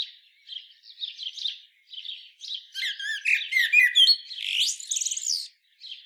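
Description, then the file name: Common blackbird, quiet mumbled notes building into a loud rush of fluted whistles and thin, squeaky twittering near the end. "Turdus merula"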